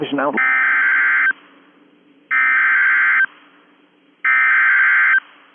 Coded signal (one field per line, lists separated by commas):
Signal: Emergency Alert System (SAME) tones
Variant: header bursts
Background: speech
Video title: EAS Severe Thunderstorm Warning on KZZ48 (EAS #71)